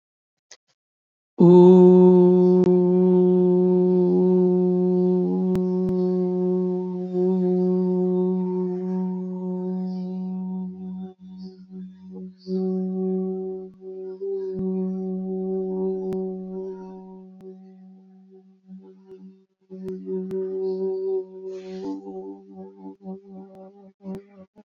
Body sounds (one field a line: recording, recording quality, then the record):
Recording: sustained vowel as in boot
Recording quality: excellent, no background noise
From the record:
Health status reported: COVID-19 positive, mild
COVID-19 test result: positive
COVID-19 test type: RT-PCR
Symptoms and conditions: cough, cold, sore throat, muscle pain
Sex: male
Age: 28 years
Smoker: yes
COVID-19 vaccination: both doses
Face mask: worn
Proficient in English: yes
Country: India